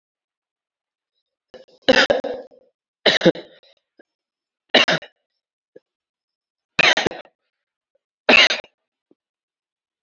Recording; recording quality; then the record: heavy voluntary cough; poor, much background noise or distortion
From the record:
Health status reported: healthy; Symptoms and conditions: none ticked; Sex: male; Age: 25 years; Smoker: not ticked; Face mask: not worn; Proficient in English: yes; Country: India